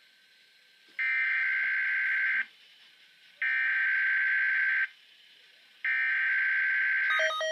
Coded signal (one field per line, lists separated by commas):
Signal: Emergency Alert System (SAME) tones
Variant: header bursts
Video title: Required Monthly Test (EAS #103)